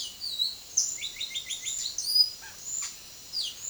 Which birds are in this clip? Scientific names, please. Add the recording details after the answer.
Sporophila intermedia. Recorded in dense forest near Puerto Asís, Putumayo, Colombia, on 21 February 2024 at 09:00. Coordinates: 0.505, -76.324. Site G6467